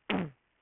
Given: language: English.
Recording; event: throat vibration sensor signal played as sound; throat clearing